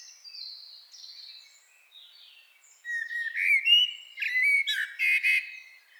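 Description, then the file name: Common blackbird song: soft, thin whistles at first, then a loud, rich fluted warble breaking into high, scratchy twitters near the end. "Turdus merula"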